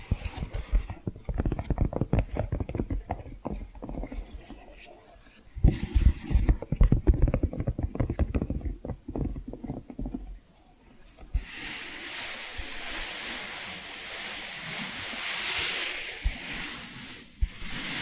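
Dense, irregular tapping and scratching fills the first eleven seconds, then gives way to a steady, bright rushing hiss with occasional clicks.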